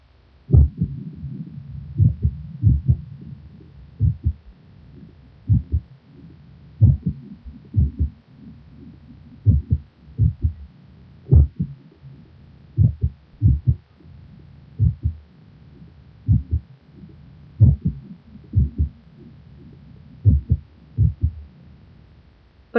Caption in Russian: Мерцательная аритмия или трепетание предсердий чаще всего аускультативно определяется отсутствием всякой закономерности в следовании тонов сердца, а также их меняющейся звучностью. Больной с брадисистолической формой мерцательной аритмии.